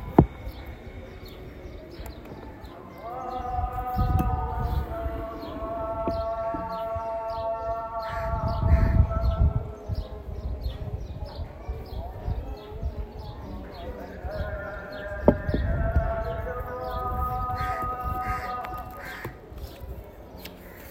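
A recording from Zanzibar with steady, regular tapping like hoofbeats running throughout. Two long, held voice-like tones rise out of it, around 3 to 9 seconds and again from 15 to 20 seconds, with low rumbling thumps near 4, 9 and 15 seconds.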